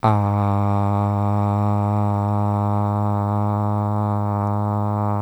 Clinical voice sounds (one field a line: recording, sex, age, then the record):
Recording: sustained vowel /a/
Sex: male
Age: 20 to 29 years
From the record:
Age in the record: 20 years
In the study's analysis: included